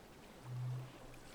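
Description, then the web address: Rorqual giving a single short, low tonal call, steady in pitch. Recorded in Norway on 19 December 2022 at 04:54. "college France rorqual Norvege"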